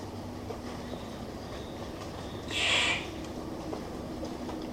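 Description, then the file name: Victoria's riflebird giving a single harsh, rasping call lasting about half a second, set against a low, steady background hum. "Ptiloris Victoriae"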